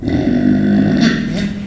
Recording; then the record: squeal of a Yucatan mini pig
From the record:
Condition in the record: after surgery on the right vocal fold (resection and tissue-engineered implant); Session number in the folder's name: 3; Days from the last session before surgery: 21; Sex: female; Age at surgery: 19 weeks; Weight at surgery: 25 kg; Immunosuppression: prednisolone